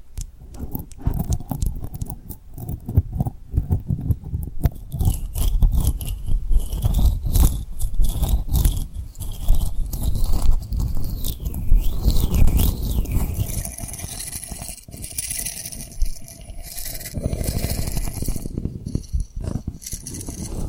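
Tapping and rubbing on rhinestones, with a dense run of small clicks, scrapes and soft patters that keeps going almost without pause. A wavering high whistle-like tone rises and falls from about five to thirteen seconds, and brighter scratchy rubbing takes over near the end.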